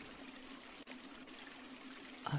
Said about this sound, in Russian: Ах, это не что иное, как дождь, который хлещет в окна. Идет сильный дождь, вот и все.